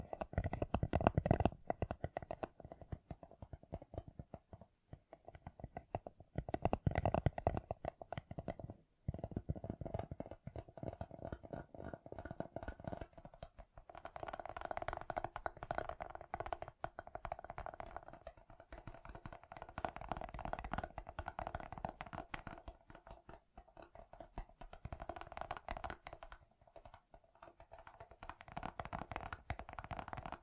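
Gem-covered fingertips tap and scratch in quick, dense bursts close up, with brief pauses near five and nine seconds, in a small quiet room.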